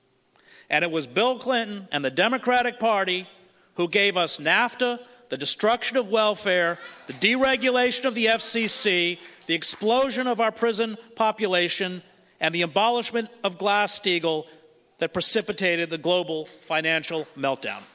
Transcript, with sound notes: And it was Bill Clinton and the Democratic party who gave us NAFTA, the destruction of welfare,
[few claps]
the deregulation of the FCC, the explosion of our prison population, and the abolishment of glass-steagall that precipitated the global financial meltdown.